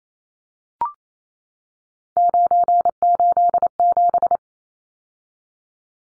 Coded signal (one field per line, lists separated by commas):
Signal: Morse code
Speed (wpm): 28 wpm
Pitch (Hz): 700 Hz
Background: none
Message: 987